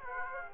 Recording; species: mosquito wingbeat signal from an infrared sensor; Aedes aegypti